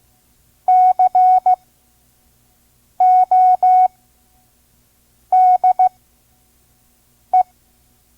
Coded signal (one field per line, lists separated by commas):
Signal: Morse code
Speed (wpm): 15 wpm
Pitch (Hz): 740 Hz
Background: none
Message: CODE